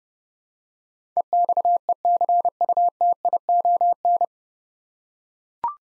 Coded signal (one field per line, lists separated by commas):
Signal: Morse code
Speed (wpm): 30 wpm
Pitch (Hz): 700 Hz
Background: none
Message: EXECUTION